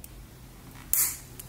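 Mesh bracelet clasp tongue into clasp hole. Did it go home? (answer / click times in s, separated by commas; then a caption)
yes / 0.9 s. The small metal clasp tongue on a Vostok Sharkmesh Milanese metal mesh bracelet, fitted on a Vostok Amphibia 420059, is pushed down into its clasp hole. After faint ticks at the start, it seats with one sharp, bright click at 0.9 s, followed by a light tick at 1.4 s.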